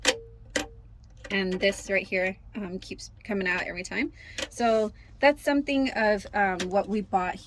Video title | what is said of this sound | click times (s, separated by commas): FOUR WHEEL CAMPER- DIY Drawers to fit & organize food, clothes, and kitchen supplies - RE:Member - | but if you want to keep it remain locked, it'll stay locked with you. You can hear the clicking, | 0.6 s